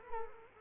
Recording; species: mosquito wingbeat signal from an infrared sensor; Culex quinquefasciatus